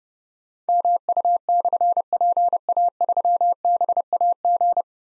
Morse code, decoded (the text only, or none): MU/PA3BAG